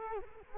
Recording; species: mosquito wingbeat signal from an infrared sensor; Culex quinquefasciatus